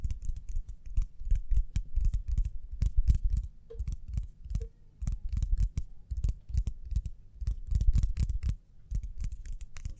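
Hands move quickly, making a dense run of short rubbing and tapping sounds with sharp, crisp clicks on top and a soft low thump under them. The rhythm is fast and uneven, with a brief lull around the middle before the activity picks up again.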